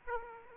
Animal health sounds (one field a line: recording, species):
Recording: mosquito wingbeat signal from an infrared sensor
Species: Aedes aegypti